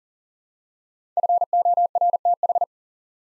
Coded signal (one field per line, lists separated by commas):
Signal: Morse code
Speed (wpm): 38 wpm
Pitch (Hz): 700 Hz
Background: none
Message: FORTH